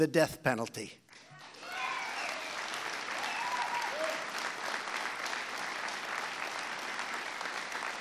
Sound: applause

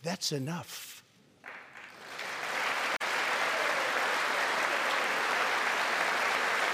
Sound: applause

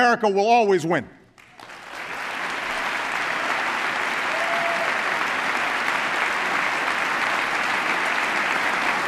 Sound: applause

